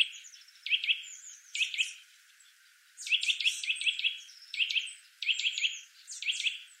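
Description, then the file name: Eurasian nuthatch: a couple of short clusters of notes, a near-silent gap of about a second, then a lively run of rapid sharp notes in clusters. "Sitta europaea"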